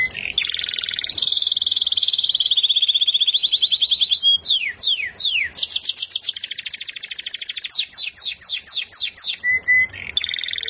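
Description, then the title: Canary song: long rolling trills at shifting pitches, a few sweeping downslurs, then a fast rattle and descending notes, continuous throughout. Champion singing canary. "Kicau Burung Kenari Juara"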